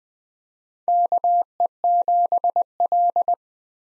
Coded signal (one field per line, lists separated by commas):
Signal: Morse code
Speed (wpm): 20 wpm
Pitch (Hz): 700 Hz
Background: none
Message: KE7L